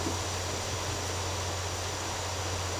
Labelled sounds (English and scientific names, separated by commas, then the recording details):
none
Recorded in secondary vegetation near Puerto Asís, Putumayo, Colombia, on 24 March 2025 at 18:00
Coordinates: 0.468, -76.324
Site G059